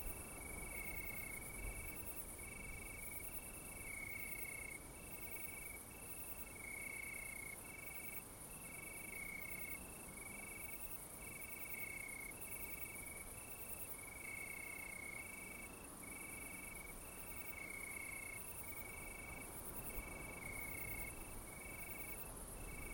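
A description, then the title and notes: Crickets chirp without pause in bright, pulsing trills, several overlapping at slightly different pitches, forming a dense and steady chorus. Underneath runs a soft, low rush of breeze, with faint distant murmurs surfacing now and then, around the middle of the recording. Cricket Symphony: Gentle Wind and Village Echoes. The evening songs of crickets blended with soft breezes and the faint, cozy sounds of a distant village.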